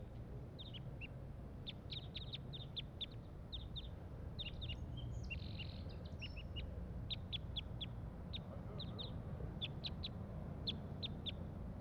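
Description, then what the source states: Crossbill calling: bright clipped chip notes, singly and in rapid clusters, continuing throughout over a constant low hum. Wild crossbill giving calls from the top of a pine tree.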